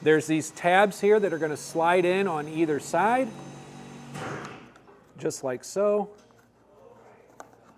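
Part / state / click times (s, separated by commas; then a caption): plastic tower cover onto roof rack tower / not seated / none. Someone talks while fitting a plastic tower cover onto the tower of a Thule WingBar Edge roof rack on a 2022 Nissan Armada, with the lock core facing the back of the vehicle and the side tabs sliding in on either side. Faint handling sounds follow the speech, including a brief tap near 7.4 seconds. The cover has not seated or clicked into place yet.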